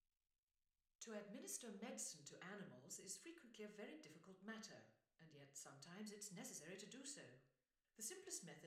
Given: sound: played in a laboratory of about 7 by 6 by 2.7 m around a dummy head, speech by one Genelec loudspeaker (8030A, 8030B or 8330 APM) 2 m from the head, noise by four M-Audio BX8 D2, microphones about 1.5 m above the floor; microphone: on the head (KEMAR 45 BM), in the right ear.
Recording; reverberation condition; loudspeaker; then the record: female speech in English; medium; 90 degrees to the right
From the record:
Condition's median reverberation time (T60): about 510 ms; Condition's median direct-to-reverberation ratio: about -0.5 dB